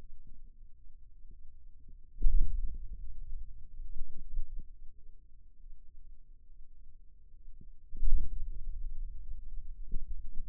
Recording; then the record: forearm muscle sounds (acoustic myography)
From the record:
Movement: hand opening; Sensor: system 2, bracelet of six BSWA MPA416 microphones around the upper forearm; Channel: 1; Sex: male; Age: 22 years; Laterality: right